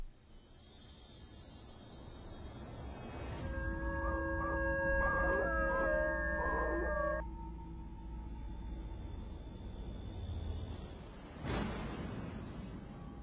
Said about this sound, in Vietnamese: Cái bóng vuốt trên bàn tay ghê rợn của con quỷ bị bỏng rát, nó thụt lùi lại, nó rú lên y như là con chó nó hú.